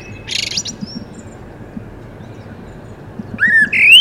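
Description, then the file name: Common blackbird song: a short high buzzy burst early on, then a long quiet gap before a rising, fluted whistled phrase begins near the end. "Turdus merula"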